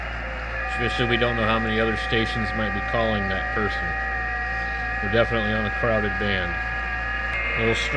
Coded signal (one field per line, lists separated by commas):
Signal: FT8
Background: speech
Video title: Ft8 qrp at home be like....